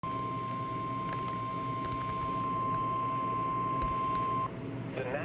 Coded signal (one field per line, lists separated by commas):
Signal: Emergency Alert System (SAME) tones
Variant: 1050 Hz attention tone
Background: speech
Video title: EAS #499: SVR